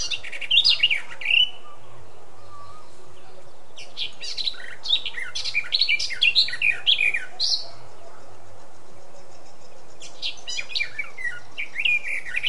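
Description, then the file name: Eurasian blackcap song: a short warbled phrase, then a longer chattering warble, and another brisk warbled burst near the end, with quiet pauses between. "Sylvia atricapilla"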